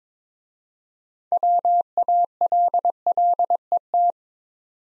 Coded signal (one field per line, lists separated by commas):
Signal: Morse code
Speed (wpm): 22 wpm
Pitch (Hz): 700 Hz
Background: none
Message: WALLET